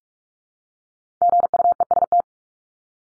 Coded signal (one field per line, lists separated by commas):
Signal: Morse code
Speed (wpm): 44 wpm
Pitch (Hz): 700 Hz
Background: none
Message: GUEST